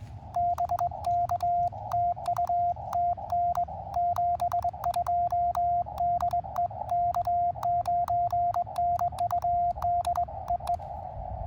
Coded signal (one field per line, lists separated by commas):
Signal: Morse code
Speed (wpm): 21 wpm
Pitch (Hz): 700 Hz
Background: radio noise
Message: BK TU TN 72 DE K9NUD EE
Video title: Cootie Key Morse Code CW POTA activation of Lowden State Park, Oregon IL with K9NUD 3 of 3 that day